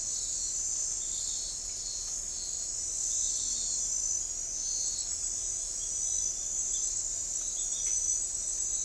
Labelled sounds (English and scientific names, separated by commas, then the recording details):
none
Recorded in forest near Pivijay, Magdalena, Colombia, on 2 June 2023 at 02:00
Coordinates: 10.467, -74.380
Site Z5-G034